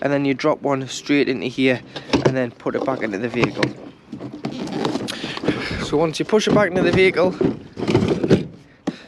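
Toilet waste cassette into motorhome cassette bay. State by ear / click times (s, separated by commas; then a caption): seated / 8.9 s. A toilet waste cassette on a 2015 Auto Trail Tracker EKS motorhome is pushed back into its cassette bay in the vehicle while someone talks. A sharp click at 8.9 s marks the cassette seating as its catch drops down and locks it in position.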